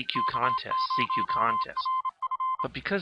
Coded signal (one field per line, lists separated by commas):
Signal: Morse code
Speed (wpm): 28 wpm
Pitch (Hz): 1040 Hz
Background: speech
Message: K0RF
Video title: My Pet Arduino Copies the CQ WW DX Contest